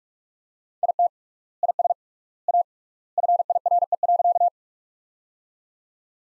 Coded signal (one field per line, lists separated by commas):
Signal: Morse code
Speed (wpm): 46 wpm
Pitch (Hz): 700 Hz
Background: none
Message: IT IS A FIRE.